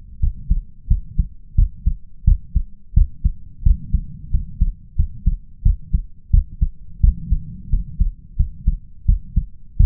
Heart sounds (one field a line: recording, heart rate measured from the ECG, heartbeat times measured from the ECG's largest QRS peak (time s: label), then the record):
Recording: heart sounds by stethoscope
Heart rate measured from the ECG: 88 bpm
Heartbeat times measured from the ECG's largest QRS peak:
0.19 s: heartbeat
0.87 s: heartbeat
1.55 s: heartbeat
2.24 s: heartbeat
2.93 s: heartbeat
3.62 s: heartbeat
4.30 s: heartbeat
4.95 s: heartbeat
5.62 s: heartbeat
6.30 s: heartbeat
7.00 s: heartbeat
7.69 s: heartbeat
8.36 s: heartbeat
9.05 s: heartbeat
9.76 s: heartbeat
From the record:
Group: healthy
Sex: male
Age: 21 years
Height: 180 cm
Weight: 67.5 kg